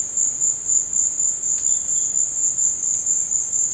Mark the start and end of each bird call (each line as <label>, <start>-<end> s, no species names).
bird call, 1.68-2.16 s